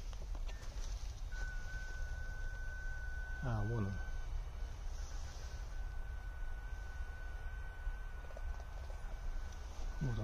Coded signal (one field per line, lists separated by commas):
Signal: FT8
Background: speech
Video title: Полевая активность FT8 QRP на минималках! (tr)uSDX+PIPO+dipole=FT8